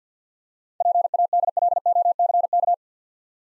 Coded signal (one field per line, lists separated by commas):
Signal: Morse code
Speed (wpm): 54 wpm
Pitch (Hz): 700 Hz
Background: none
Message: PADLOCK